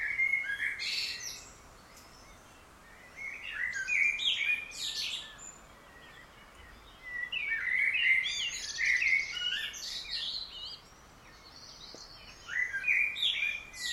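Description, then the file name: Common blackbird singing several separate phrases, each a low fluty warble trailing into high squeaky twitters, with short pauses between them. "Turdus merula"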